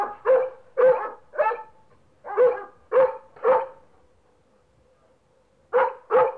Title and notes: NHK Sound Effects Collection - 3-Frogs, Crickets, Cicadas, Horses, Dogs. NHK効果音集 - 3-カエル・虫・セミ・ウマ・イヌ